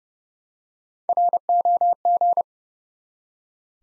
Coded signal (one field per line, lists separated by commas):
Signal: Morse code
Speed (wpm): 30 wpm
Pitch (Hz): 700 Hz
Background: none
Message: ROG